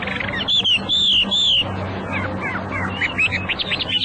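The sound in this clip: Hwamei song: sweet drawn-out whistles at first, a brief quieter gap, then a series of quick upward-sliding notes over low hum.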